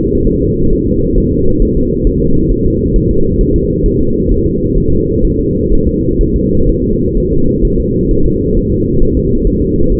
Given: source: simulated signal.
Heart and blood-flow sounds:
fetal heart sounds
0.27 s: S1
0.42 s: S2
0.73 s: S1
0.88 s: S2
1.18 s: S1
1.32 s: S2
1.62 s: S1
1.77 s: S2
2.07 s: S1
2.22 s: S2
2.52 s: S1
2.66 s: S2
2.96 s: S1
3.11 s: S2
3.41 s: S1
3.56 s: S2
3.86 s: S1
4.01 s: S2
4.31 s: S1
4.46 s: S2
4.78 s: S1
4.92 s: S2
5.25 s: S1
5.39 s: S2
5.72 s: S1
5.87 s: S2
6.21 s: S1
6.36 s: S2
6.69 s: S1
6.84 s: S2
7.17 s: S1
7.32 s: S2
7.65 s: S1
7.80 s: S2
8.11 s: S1
8.26 s: S2
8.57 s: S1
8.72 s: S2
9.02 s: S1
9.17 s: S2
9.47 s: S1
9.62 s: S2
9.92 s: S1
From the record:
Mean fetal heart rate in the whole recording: 130 bpm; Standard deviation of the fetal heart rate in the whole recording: 4 bpm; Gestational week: 38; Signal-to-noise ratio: -16.4 dB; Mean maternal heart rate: 72 bpm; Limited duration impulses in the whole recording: present

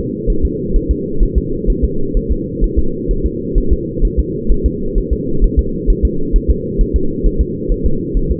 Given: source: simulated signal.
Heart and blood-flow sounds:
fetal heart sounds
0.30 s: S1
0.45 s: S2
0.76 s: S1
0.91 s: S2
1.23 s: S1
1.38 s: S2
1.70 s: S1
1.84 s: S2
2.17 s: S1
2.31 s: S2
2.64 s: S1
2.79 s: S2
3.11 s: S1
3.26 s: S2
3.58 s: S1
3.73 s: S2
4.05 s: S1
4.19 s: S2
4.51 s: S1
4.66 s: S2
4.98 s: S1
5.13 s: S2
5.44 s: S1
5.59 s: S2
5.90 s: S1
6.05 s: S2
6.36 s: S1
6.50 s: S2
6.81 s: S1
6.96 s: S2
7.26 s: S1
7.41 s: S2
7.72 s: S1
7.86 s: S2
8.17 s: S1
8.31 s: S2
From the record:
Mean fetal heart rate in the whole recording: 130 bpm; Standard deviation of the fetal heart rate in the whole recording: 2 bpm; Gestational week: 38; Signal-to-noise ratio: -8.1 dB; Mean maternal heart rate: 72 bpm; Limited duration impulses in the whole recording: absent

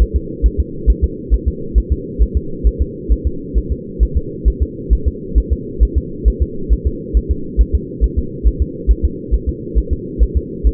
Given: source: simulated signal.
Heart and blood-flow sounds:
fetal heart sounds
0.02 s: S1
0.16 s: S2
0.46 s: S1
0.60 s: S2
0.90 s: S1
1.04 s: S2
1.34 s: S1
1.48 s: S2
1.78 s: S1
1.92 s: S2
2.22 s: S1
2.37 s: S2
2.67 s: S1
2.82 s: S2
3.12 s: S1
3.27 s: S2
3.58 s: S1
3.72 s: S2
4.03 s: S1
4.17 s: S2
4.48 s: S1
4.62 s: S2
4.93 s: S1
5.07 s: S2
5.38 s: S1
5.52 s: S2
5.83 s: S1
5.98 s: S2
6.28 s: S1
6.42 s: S2
6.73 s: S1
6.87 s: S2
7.17 s: S1
7.31 s: S2
7.61 s: S1
7.75 s: S2
8.04 s: S1
8.19 s: S2
8.47 s: S1
8.62 s: S2
8.91 s: S1
9.05 s: S2
9.34 s: S1
9.49 s: S2
9.78 s: S1
9.93 s: S2
10.23 s: S1
10.37 s: S2
10.67 s: S1
From the record:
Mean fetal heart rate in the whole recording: 135 bpm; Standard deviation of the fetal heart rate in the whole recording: 3 bpm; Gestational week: 34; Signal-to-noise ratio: -4.3 dB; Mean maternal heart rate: 72 bpm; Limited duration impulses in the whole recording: absent

